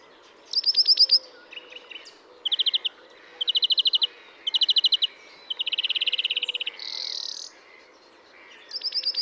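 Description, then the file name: European greenfinch song of buzzy trills and rapid twittering phrases around mid-high pitch, with a drawn-out wheezy note near the end and a faint background hum. "Chloris chloris"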